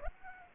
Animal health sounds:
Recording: mosquito wingbeat signal from an infrared sensor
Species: Aedes aegypti

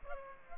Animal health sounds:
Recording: mosquito wingbeat signal from an infrared sensor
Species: Culex pipiens

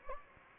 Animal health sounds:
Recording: mosquito wingbeat signal from an infrared sensor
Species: Anopheles gambiae

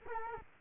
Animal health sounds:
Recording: mosquito wingbeat signal from an infrared sensor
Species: Culex quinquefasciatus

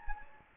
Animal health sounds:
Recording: mosquito wingbeat signal from an infrared sensor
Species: Anopheles gambiae

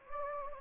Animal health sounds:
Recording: mosquito wingbeat signal from an infrared sensor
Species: Anopheles gambiae

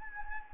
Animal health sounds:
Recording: mosquito wingbeat signal from an infrared sensor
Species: Anopheles gambiae

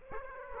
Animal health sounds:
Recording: mosquito wingbeat signal from an infrared sensor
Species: Aedes aegypti

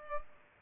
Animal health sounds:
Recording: mosquito wingbeat signal from an infrared sensor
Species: Culex pipiens

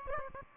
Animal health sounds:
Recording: mosquito wingbeat signal from an infrared sensor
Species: Aedes albopictus

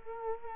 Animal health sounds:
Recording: mosquito wingbeat signal from an infrared sensor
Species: Culex quinquefasciatus

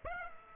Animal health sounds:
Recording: mosquito wingbeat signal from an infrared sensor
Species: Aedes aegypti

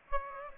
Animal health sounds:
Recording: mosquito wingbeat signal from an infrared sensor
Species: Aedes aegypti

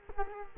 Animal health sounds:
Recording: mosquito wingbeat signal from an infrared sensor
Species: Culex quinquefasciatus

